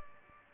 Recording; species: mosquito wingbeat signal from an infrared sensor; Aedes albopictus